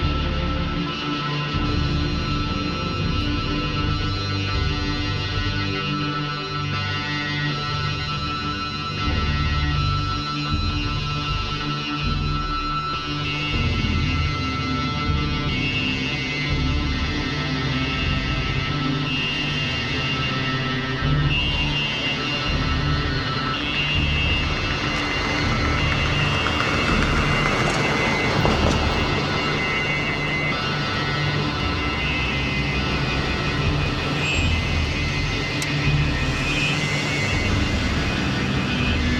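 A dense, steady wash of traffic and vehicle rumble runs throughout, with heavy low thumping and sustained tonal layers like synthesizer or organ drones. Around 25 to 30 seconds the texture swells and brightens, then settles back into the same continuous bed.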